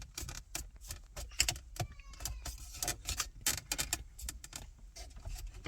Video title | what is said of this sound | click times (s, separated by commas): How to cheaply replace a de laminated broken touch screen on a Fiat 124 Spider 2016 to 2019 or Mazda | this is in, push hard on it and you will hear it click back into place. | 3.5 s